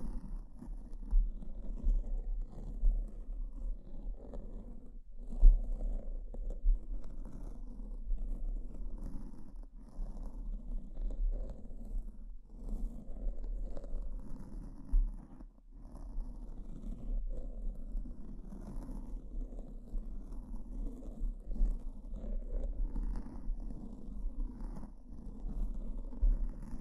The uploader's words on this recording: ASMR S E N S I T I V E Brain Scratch (No Talking).